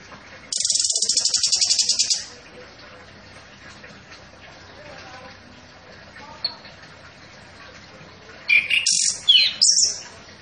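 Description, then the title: Orange-headed thrush sound: a rapid, high buzzy trill of about a second and a half, a long quiet stretch, then several sharp slurred notes near the end. Singing actively (gacor). "Anis Kembang Gacor"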